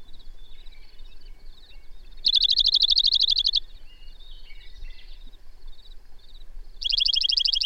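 Bird song: a dense high trill of over a second, then another starting near the end, amid scattered quieter chirps and twitters.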